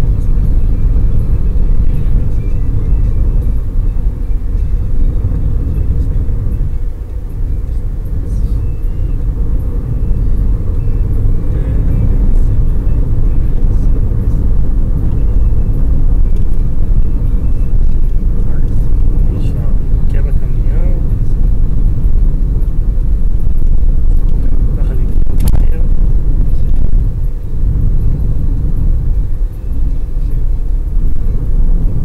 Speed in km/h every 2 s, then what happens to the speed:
85, 84, 87, 87, 85, 84, 84, 83, 82, 80, 79, 79, 79, 79, 78, 76.
0-32 slows to 76.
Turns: none.